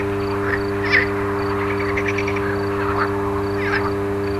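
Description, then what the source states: Frogs croaking in short, raspy bursts, several calls scattered throughout, over a steady electrical hum that never stops. Frogs recorded alongside a humming electrical transformer.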